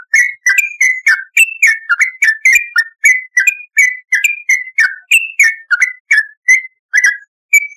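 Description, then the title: Yellow-vented bulbul song: quick series of short whistled, slurred notes, about three per second, varying up and down in pitch, steady throughout. "Trucukan"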